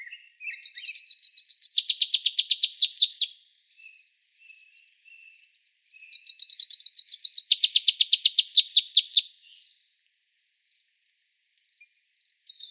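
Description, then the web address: Rufous-capped warbler repeating a rapid high chattering trill that builds into emphatic downslurred notes, twice in full and starting again at the end, above a steady thin hum. Arizona. "Other Warblers. deviche"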